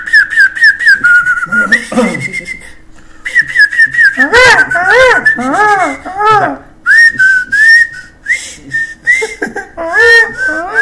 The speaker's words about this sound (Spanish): Bueno, es el bloque. Son pájaros.